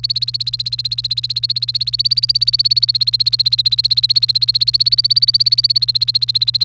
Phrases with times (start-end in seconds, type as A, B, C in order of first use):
0.00-6.64 A